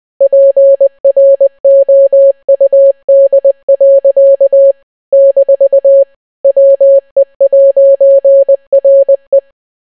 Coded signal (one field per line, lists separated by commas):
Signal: Morse code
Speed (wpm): 20 wpm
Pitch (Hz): 550 Hz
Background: none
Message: PROUD. - WE'RE